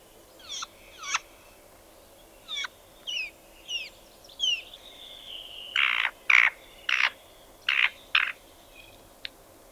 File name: Tannenhäher Gesang